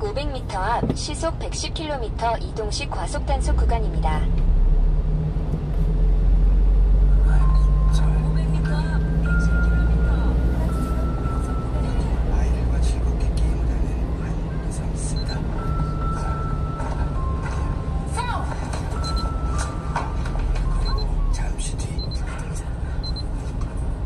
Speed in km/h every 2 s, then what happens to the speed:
17, 19, 26, 31, 35, 37, 34, 31, 28, 25, 22, 19.
0-9 speeds up to 37. 9-24 slows to 19.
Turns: none.